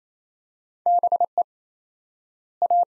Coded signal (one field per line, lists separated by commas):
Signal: Morse code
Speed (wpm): 28 wpm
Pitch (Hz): 700 Hz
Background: none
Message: BE A